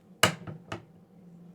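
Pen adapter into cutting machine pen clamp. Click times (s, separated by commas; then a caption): 0.2 s. A universal pen in its plastic adapter is pushed down into the pen holder clamp of a Cricut Explore 5 cutting machine and snaps into place with a sharp, bright click at 0.2 s. Two fainter clicks follow at about 0.5 s and 0.7 s over a low, steady hum, and the pen adapter is seated.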